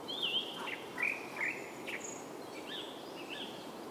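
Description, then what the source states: Bird calls: soft, thin whistled slurs and short chirps scattered throughout, quiet against a constant hiss of background noise. Soundscape.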